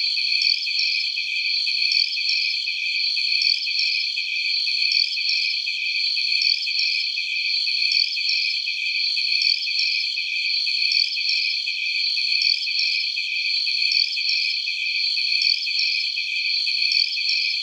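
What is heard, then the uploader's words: A dense, unbroken chorus of insects, likely crickets or cicadas, rings out in the hill forest. The high, bright trilling pulses rapidly and evenly, with a slightly higher chirp repeating about every one and a half seconds. No low sounds lie beneath it. Nature - Penang Hill, Malaysia.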